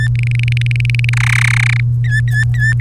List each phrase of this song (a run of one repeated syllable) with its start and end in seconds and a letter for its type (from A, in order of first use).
0.00-0.08 A, 0.15-1.09 B, 1.13-1.80 C, 2.04-2.73 A, 2.80-2.80 B